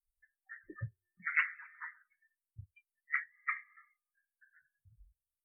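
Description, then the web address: Red-eyed tree frog calling in brief rasping clucks, a loud burst at about one and a half seconds and another near three, mixed with soft low knocks. "phyllomedusidae Agalychnis-callidryas"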